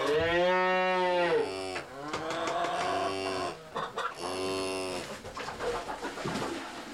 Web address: коровы